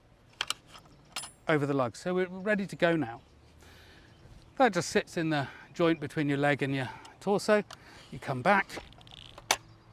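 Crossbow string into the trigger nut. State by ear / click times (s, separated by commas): seated / 9.5 s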